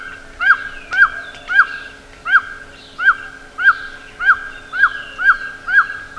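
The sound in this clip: Bird calling steadily with short, arched notes about twice a second, with fainter higher calls behind and a low hum.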